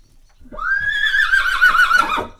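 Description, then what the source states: Horse neighing: one long wavering whinny that climbs sharply, holds steady with a trembling quality, then tails off, lasting close to two seconds. Horse neighing in a farmyard.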